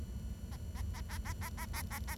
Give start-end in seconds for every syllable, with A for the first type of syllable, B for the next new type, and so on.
0.52-0.56 A, 0.75-0.81 A, 0.94-1.00 A, 1.09-1.18 A, 1.25-1.33 A, 1.41-1.49 A, 1.57-1.66 A, 1.73-1.82 A, 1.91-1.99 A, 2.08-2.15 A